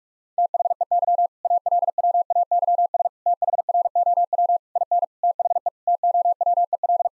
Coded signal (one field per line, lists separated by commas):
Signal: Morse code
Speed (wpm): 41 wpm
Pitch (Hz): 700 Hz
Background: none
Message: THEY ALWAYS THROW IN THE TOWEL